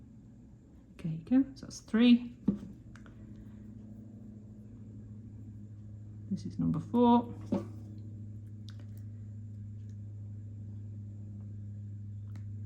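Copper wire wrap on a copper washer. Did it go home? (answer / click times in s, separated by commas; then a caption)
yes / 8.7 s. Copper wire is bent over and through a copper washer for wrap number four, and it clicks into place as it seats against the washer at 8.7 s. Someone talks over a steady low hum. The wrap is seated.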